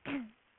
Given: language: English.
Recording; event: throat vibration sensor signal played as sound; throat clearing